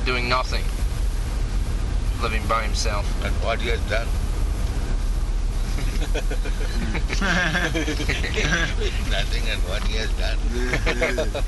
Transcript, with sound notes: doing nothing, living by himself.
And what he has done? [laughter] Nothing, and what he has done?
They